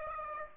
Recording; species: mosquito wingbeat signal from an infrared sensor; Aedes aegypti